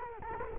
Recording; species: mosquito wingbeat signal from an infrared sensor; Culex quinquefasciatus